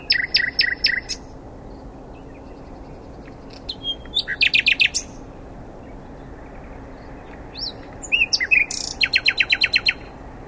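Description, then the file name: Common nightingale song in three bursts separated by pauses, each a rapid series of repeated sharp notes, some mixed with slurred whistles. "Luscinia megarhynchos"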